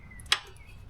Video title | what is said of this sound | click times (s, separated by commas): We Bought a Failed Engine Land Rover LR4 and Fixed it / S5-E35 / Parking Brake | you hear it snap in | 0.3 s